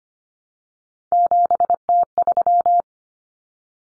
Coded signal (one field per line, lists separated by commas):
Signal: Morse code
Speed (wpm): 25 wpm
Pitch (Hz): 700 Hz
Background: none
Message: 7T3